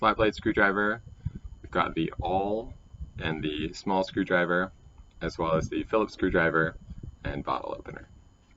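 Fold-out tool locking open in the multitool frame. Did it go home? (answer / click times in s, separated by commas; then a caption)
no / none. Someone talks over the handling of a locking multitool knife with fold-out tools: a pry bar, large flat-blade screwdriver, awl, small screwdriver, Phillips screwdriver and bottle opener. Faint handling noise sits under the speech, and the clip ends before any tool is swung out to lock. Nothing has seated or clicked yet.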